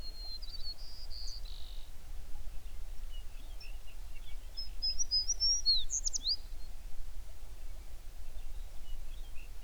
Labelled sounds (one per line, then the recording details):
songbird
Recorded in the Prudhoe Bay oil fields, Alaska, on 11 June 2019 at 05:14
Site 21